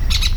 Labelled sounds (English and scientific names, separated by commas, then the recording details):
Brown-throated Parakeet (Eupsittula pertinax) contact call
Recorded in Venezuela
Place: PN Cerro Saroche, Tierras del Sr. Polo, Edo. Lara
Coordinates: 10.171, -69.518